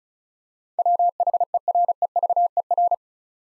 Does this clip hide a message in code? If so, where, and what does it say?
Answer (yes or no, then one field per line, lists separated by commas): yes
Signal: Morse code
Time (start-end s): 0.8-2.9 s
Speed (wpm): 34 wpm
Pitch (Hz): 700 Hz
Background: none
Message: WHEREVER